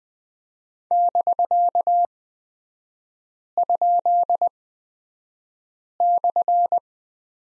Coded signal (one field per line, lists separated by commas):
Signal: Morse code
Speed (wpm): 20 wpm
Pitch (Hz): 700 Hz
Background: none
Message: <BK>?/